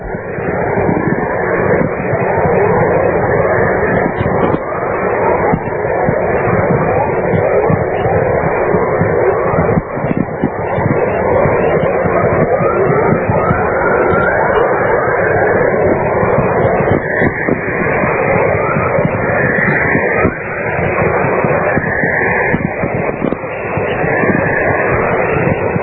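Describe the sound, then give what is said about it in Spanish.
Radio recording of an aurora borealis chorus and whistlers, recorded at Grass River Provincial Park in Manitoba, Canada, on 30 August 1996: a continuous loud, dense hiss and crackle, with repeated short rising chirps and swooping tones emerging in the upper range, especially toward the end. “uno de los sonidos que vamos a escuchar ahora es una aurora boreal obtenida en Manitoba”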